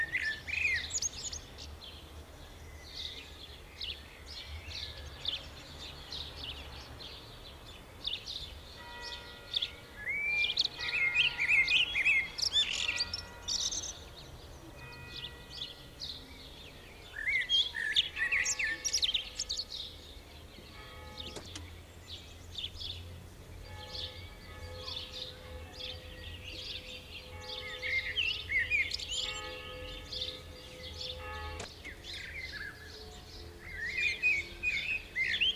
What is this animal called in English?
Common Blackbird